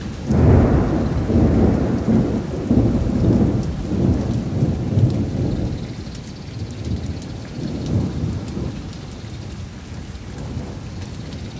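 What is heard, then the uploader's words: Rain falls steadily throughout, with a deep rolling rumble of thunder that swells near the start and churns through the first half before easing into a softer, lower murmur. Scattered bright drips and ticks sit on top of the dense wash of rainfall. Sound Of Rain - Sonido de Lluvia.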